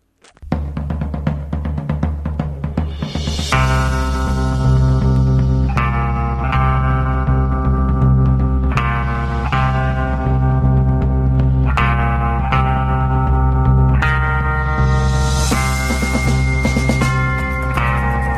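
A hip-hop track from 2010 plays loudly, opening with a low, sparse intro before a full, distorted instrumental kicks in at about three seconds, with heavy bass and shifting chords. No voices are heard.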